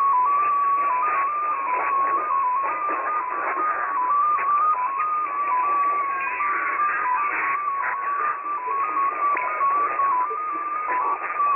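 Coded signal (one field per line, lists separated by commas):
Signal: multi-tone FSK (Olivia or MFSK type)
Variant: XPA2, 14-tone MFSK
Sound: one warbling tone hopping between nearby pitches several times a second, continuous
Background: radio static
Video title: XPA2 On 11163kHz USB February 7, 2021 12:00 UTC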